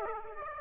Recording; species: mosquito wingbeat signal from an infrared sensor; Aedes aegypti